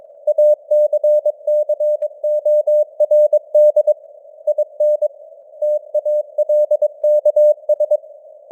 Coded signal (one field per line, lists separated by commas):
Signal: Morse code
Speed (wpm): 22 wpm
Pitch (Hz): 600 Hz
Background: none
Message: ACCORD IN TALKS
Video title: Morse Code News | 2025-10-26 | 22wpm